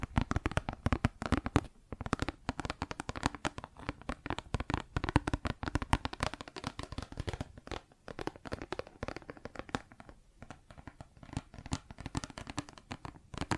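Plastic objects tapped and scratched in a dense, restless stream of sharp clicks and crinkly scrapes, with brief pauses near eight and ten seconds.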